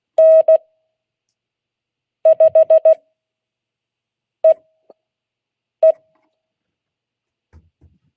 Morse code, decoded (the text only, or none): N5EE